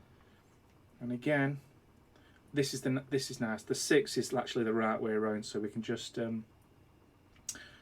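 A 6-pin PCIe power connector, already the right way around, is pushed into an Intel Arc A750 graphics card being installed in a NUC 11 Extreme. Someone talks through most of the clip, then after a pause the connector seats with a sharp click at 7.5 s.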